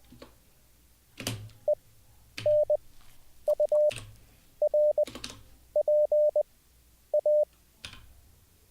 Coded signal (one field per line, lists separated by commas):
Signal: Morse code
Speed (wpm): 20 wpm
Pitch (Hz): 600 Hz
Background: none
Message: E N U R P A